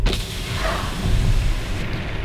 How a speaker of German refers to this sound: Ich mache jetzt einfach mal die Scheibe runter. Bei ungefähr 50 Stundenkilometern.